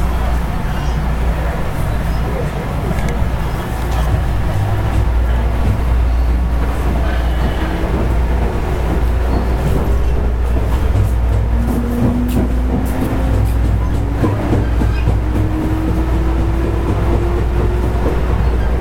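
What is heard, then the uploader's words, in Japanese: A 221 series electric train running, with a steady low rumble and rattle throughout. A motor whine rises gradually in pitch from about seven seconds on, strengthening after twelve seconds, while scattered clicks and knocks from the wheels come through. JR西日本の221系電車の走行音です。環状線外回り 大阪から天王寺までです。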